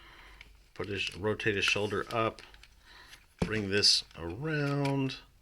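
Someone talks while handling a transforming robot toy figure, moving its arm so the plastic tab on the arm lines up with the wrist socket, with a couple of faint handling ticks under the speech. The tab has not yet been plugged in, and nothing has seated or clicked yet.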